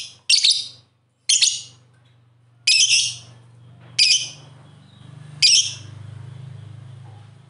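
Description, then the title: Bird song of harsh buzzy high bursts spaced a second or more apart, over a low hum. "Kicau Burung"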